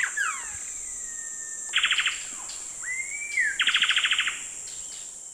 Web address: Nature Songs S America Eastern Lowlands Pheugopedius coraya, calls pair and song